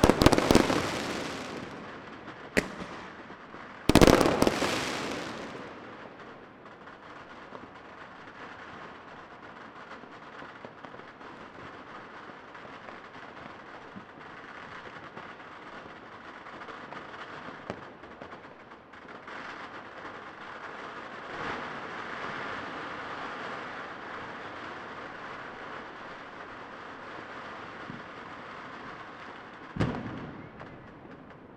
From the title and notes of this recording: A few minutes of a field recording of fireworks on New Years Eve. Recorded at the Hofplein in Rotterdam (NL).